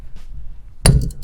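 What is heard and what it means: A spring compressor presses down on a valve spring on an LS1 engine cylinder head until the valve spring retainer and keepers break free with a loud, sharp metallic pop at 0.9 s. A few fainter metallic ticks follow at about 1.0, 1.1 and 1.2 s, and the retainer is released.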